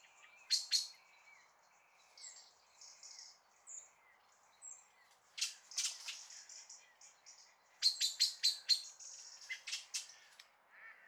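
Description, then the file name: Common blackbird calling with scattered sharp clicks and a rapid rattling series late on, among soft high whistled notes and chirps. "Turdus merula"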